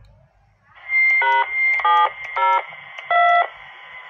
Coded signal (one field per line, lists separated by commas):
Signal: DTMF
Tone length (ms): 230 ms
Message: #702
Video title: dtmf remote testing